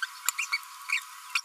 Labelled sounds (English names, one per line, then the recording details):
Green-rumped Parrotlet babbling
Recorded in a nest box in Venezuela
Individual 18B25A4